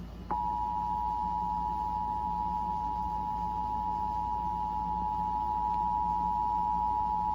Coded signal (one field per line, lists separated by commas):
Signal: Emergency Alert System (SAME) tones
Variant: 853 and 960 Hz attention tone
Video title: EAS #1454 Severe Thunderstorm Warning on WYIN 8-10-21